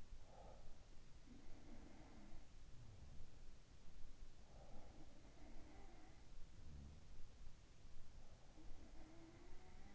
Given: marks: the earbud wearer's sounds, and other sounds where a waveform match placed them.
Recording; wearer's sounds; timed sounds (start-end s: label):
sounds in sleep by an in-ear microphone; breath
0.00-0.84 s: breath
1.11-3.40 s: sound from someone else or the room
4.43-7.34 s: sound from someone else or the room